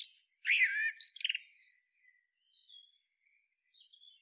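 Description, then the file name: Common blackbird song phrase: a burst of whistles and twittering notes, followed by faint high chirps. "Turdus merula"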